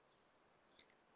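A connecting rod or main bearing shell is pressed into its rod or block housing during a forged bottom-end build of a Mitsubishi Colt's 4G15T engine, its locating tab dropping into the notch. A sharp, bright click sounds at 0.8 s as the shell seats, followed by a much fainter tick at 0.9 s against a quiet background. The bearing shell is seated.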